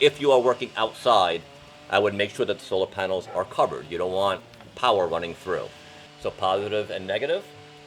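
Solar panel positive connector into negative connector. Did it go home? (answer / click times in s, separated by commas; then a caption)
no / none. Someone talks while handling a positive solar panel connector and a negative one (plastic MC4-style), about to push them together to wire the panels in series. Only speech is heard, with no distinct mechanical sound; nothing has seated or clicked yet.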